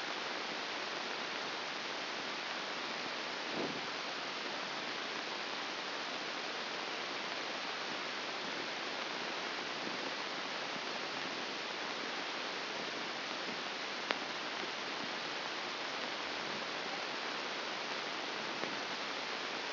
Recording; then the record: brain microelectrode recording played as sound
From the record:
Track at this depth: inside the subthalamic nucleus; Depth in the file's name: 4.398 mm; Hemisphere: left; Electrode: 2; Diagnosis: Parkinson's disease